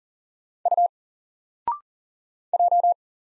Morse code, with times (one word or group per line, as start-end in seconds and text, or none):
0.7-0.9 U
2.5-2.9 J